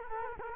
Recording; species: mosquito wingbeat signal from an infrared sensor; Culex quinquefasciatus